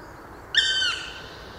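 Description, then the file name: Black woodpecker, one long ringing call note, even and harmonic, held for under half a second before stopping, with faint background noise. Recorded on 6 December 2014 in a park garden in Landshut. "Schwarzspecht 06 12 2014 Hofgarten Landshut LA Susanne Rieck"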